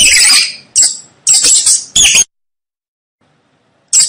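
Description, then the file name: Mouse giving high, grating squeaks, several bursts in quick succession, a long silence, then a single squeak at the end. Mouse squeaking to help a baby fall asleep. "Tieng chuot keu cho be ngu"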